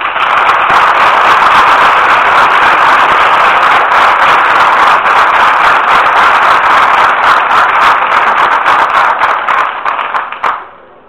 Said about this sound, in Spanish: Recibimos al padre con un fuerte aplauso.